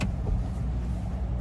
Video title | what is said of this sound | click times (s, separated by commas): 2022 BMW iX Walkaround and POV Ridealong-Chicago Auto Show | Bring it in till it makes the first click. | 0.0 s